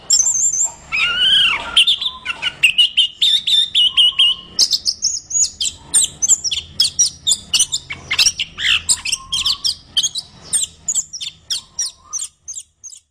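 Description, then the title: Orange-headed thrush giving a long sweet warble, then a fast staccato series of high, sharp notes. Described as gacor, meaning singing vigorously and constantly. "Anis Kembang Gacor"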